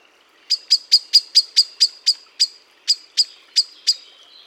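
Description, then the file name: Common blackbird calls: a rapid series of about thirteen sharp, high clicking chinks, slightly slowing toward the end, with no other sounds. "Turdus merula"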